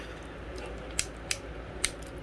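An attachment piece is pressed onto a plastic and die-cast transforming robot toy figure, a Toy House Factory THF-03 Dynastron (a KO of MP-36 Megatron). Over a low steady background hiss, three sharp, bright clicks sound at 1.0, 1.3 and 1.8 seconds. The piece seats and stays on the figure.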